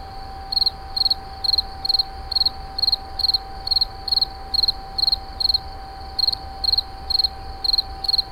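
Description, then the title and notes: Insect chirping: regular short trills of rapid pulses, about two each second, with a continuous tonal hum and soft low noise beneath. Recorded in 2011 at Moulins-sur-Allier, near a wastewater treatment plant. "Insect near WWTP. 2011, Moulins sur allier"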